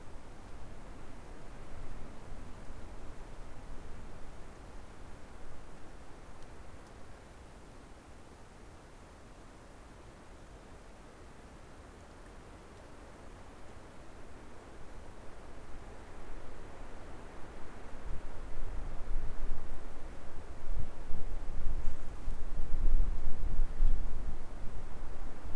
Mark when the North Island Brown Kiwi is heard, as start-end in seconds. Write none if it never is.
none